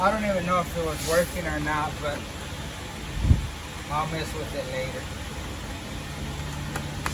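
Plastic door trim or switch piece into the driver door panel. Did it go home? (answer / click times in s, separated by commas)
yes / 7.1 s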